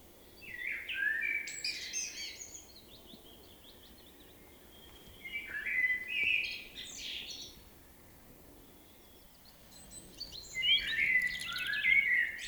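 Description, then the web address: Common blackbird song: three mellow warbled phrases with high squeaky twitters, separated by long quiet pauses. "SETE data Turdus merula"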